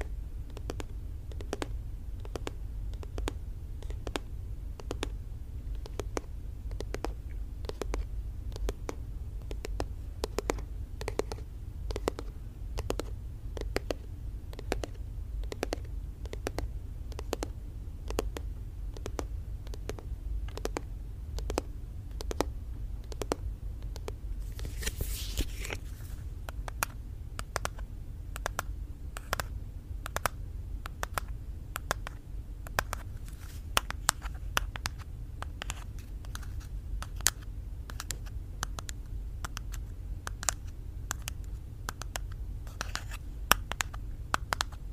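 ASMR tapping: crisp, quick taps repeat in a fairly steady rhythm of a few per second across the whole span. A soft low rumble sits underneath throughout, and a brief brighter swish rises around the 25-second mark, with a few sharper louder taps near the end.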